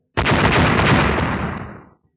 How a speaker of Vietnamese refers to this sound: 3 tiếng nổ giòn vang, 3 thanh cự kiếm bay tới phía trước đã bị ánh đao lửa đỏ cắn nát, biến thành từng điểm màu xanh tiêu tán vô tung.